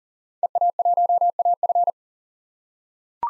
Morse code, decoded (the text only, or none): EA1AF